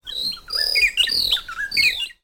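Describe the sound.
Bird calling with bursts of high, squeaky chirps and slurred whistles, several quick phrases with short pauses between them.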